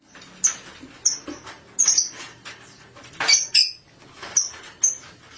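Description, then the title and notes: Starling calls: a series of shrill high squeaks and clicks at uneven intervals. "suara burung jalak"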